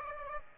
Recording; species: mosquito wingbeat signal from an infrared sensor; Aedes aegypti